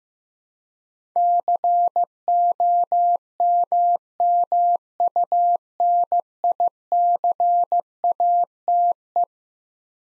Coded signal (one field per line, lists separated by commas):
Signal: Morse code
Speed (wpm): 15 wpm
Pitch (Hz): 700 Hz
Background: none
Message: COMMUNICATE